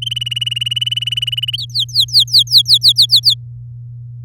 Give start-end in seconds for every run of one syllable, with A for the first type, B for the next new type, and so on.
0.02-1.57 A, 1.58-3.34 B